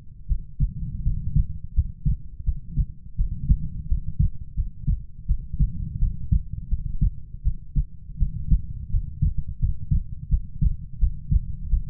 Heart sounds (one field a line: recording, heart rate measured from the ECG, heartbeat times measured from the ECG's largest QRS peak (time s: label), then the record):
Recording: heart sounds by stethoscope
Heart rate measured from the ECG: 84 bpm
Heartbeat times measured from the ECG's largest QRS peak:
0.27 s: heartbeat
1.02 s: heartbeat
1.73 s: heartbeat
2.44 s: heartbeat
3.16 s: heartbeat
3.87 s: heartbeat
4.55 s: heartbeat
5.26 s: heartbeat
5.98 s: heartbeat
6.68 s: heartbeat
7.42 s: heartbeat
8.18 s: heartbeat
8.90 s: heartbeat
9.59 s: heartbeat
10.29 s: heartbeat
10.98 s: heartbeat
11.69 s: heartbeat
From the record:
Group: healthy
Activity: rest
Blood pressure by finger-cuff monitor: 103/66 mmHg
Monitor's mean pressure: 79 mmHg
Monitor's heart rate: 84 bpm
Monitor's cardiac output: 7 L/min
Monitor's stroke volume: 84 mL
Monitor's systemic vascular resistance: 830 dyn s/cm5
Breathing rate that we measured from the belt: 24 breaths a minute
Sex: female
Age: 19 years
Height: 163 cm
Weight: 48.9 kg